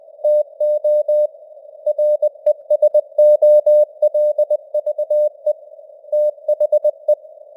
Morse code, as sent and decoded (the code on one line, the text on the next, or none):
- --- / .-. . ... --- .-.. ...- . / - .... .
TO RESOLVE THE